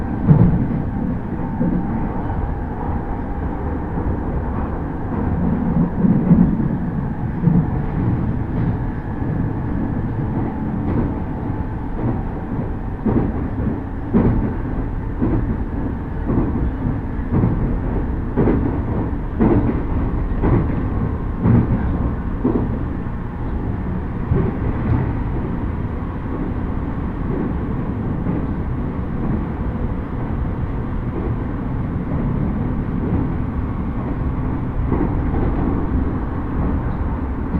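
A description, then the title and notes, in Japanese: A rapid train on the Uchibo Line between Chiba and Kisarazu rumbles steadily along, its low, dense running noise holding at an even level throughout. Faint clicks and knocks from the wheels and car body recur irregularly over the constant drone. 鉄道旅 内房線快速 千葉→木更津。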